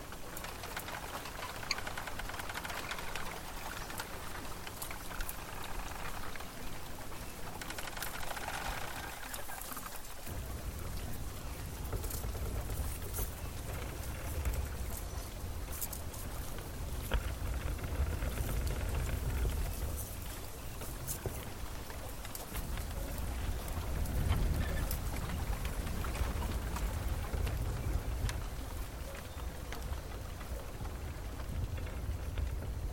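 Bamboo thicket on water: steady crackly patter like light rain, with a deep rumbling swell entering around ten seconds and lingering, scattered clicks throughout.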